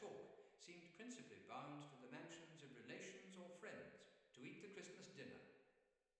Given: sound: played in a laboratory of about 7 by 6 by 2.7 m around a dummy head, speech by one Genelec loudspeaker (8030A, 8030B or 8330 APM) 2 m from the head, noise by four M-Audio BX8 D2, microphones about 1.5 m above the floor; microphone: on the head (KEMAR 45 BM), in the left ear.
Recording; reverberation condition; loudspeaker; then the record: male speech in English; high; 90 degrees to the left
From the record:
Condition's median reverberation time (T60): about 1300 ms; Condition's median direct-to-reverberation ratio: about -4.0 dB